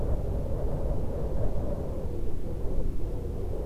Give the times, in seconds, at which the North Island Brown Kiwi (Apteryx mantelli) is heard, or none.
none